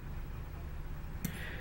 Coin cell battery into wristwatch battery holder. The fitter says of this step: just have to be careful push it right in should clip right into place